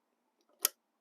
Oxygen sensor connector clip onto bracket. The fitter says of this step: you'll hear a click